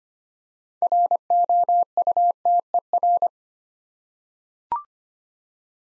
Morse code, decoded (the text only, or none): ROUTER